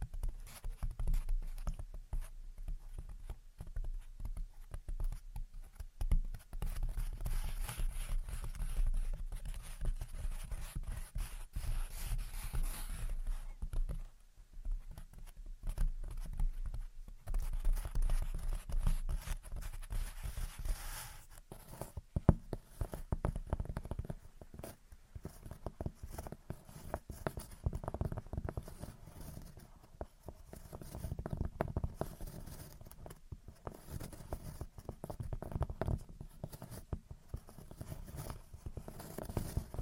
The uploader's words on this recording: Gentle Tapping and Scratching. (No Talking).